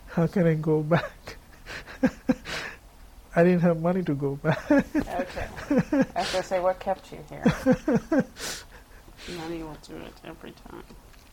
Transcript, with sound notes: "How can I go back?" I didn't have money to go back. [laughs]
I was going to say, what kept you here? The money will do it every time.